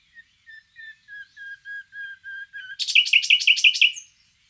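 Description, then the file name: Common nightingale song: a series of soft whistled notes repeated steadily, building into a loud fast run of repeated chirps. "Luscinia megarhynchos"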